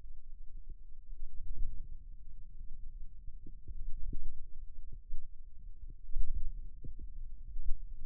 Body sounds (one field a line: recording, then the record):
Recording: forearm muscle sounds (acoustic myography)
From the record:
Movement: hand opening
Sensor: system 2, bracelet of six BSWA MPA416 microphones around the upper forearm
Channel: 1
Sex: female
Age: 22 years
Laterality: right